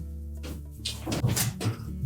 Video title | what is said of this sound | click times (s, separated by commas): Whirlpool Washer Repair - How to Replace the Drain Hose (Whirlpool Part # WPW10272563) | the clip at the top snaps into place and locks it there | 0.9 s